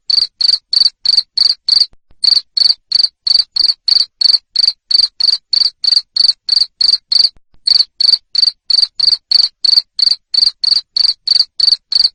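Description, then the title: Cricket giving loud, steady chirps about three per second, broken by two short pauses. Loud cricket chirping played to stimulate lovebirds to sing continuously. "Suara JANGKRIK NGERIK Keras Bikin LOVEBIRD Jadi NGEKEK Terus"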